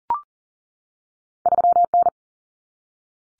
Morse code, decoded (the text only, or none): 3N